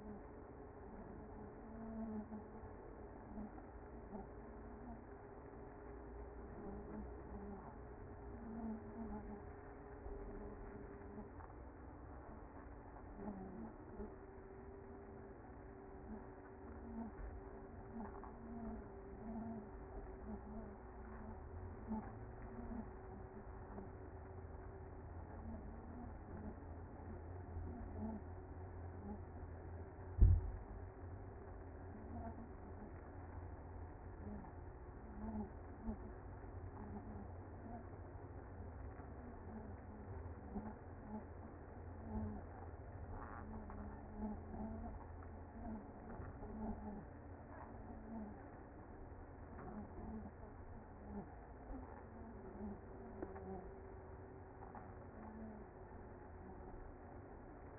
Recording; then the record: honeybee colony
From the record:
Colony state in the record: active